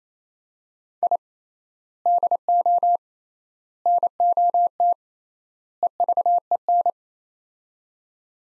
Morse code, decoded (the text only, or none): I DO NOT EVEN